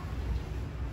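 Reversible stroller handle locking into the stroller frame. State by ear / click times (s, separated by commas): not seated / none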